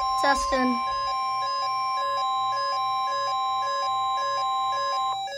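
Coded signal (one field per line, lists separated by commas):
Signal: Emergency Alert System (SAME) tones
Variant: 1050 Hz attention tone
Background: speech, music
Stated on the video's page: Required weekly EAS test.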